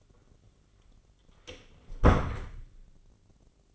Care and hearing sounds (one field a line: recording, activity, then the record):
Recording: daily activity, microphone in the room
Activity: close door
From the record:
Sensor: 4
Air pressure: 1010.0 hPa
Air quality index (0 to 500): 189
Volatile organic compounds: 3 ppm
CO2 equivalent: 1360 ppm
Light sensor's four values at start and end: 31/76/31/33 and 34/82/34/35